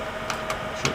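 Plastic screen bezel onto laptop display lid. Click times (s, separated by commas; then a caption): 0.3 s, 0.9 s. The plastic screen bezel of a Compaq Mini laptop is pressed around its edge onto the display lid so the remaining clips snap in, giving sharp clicks at 0.3 s and 0.9 s and a softer tick at 0.5 s over a steady background hum. The bezel clips snap on and the bezel is seated.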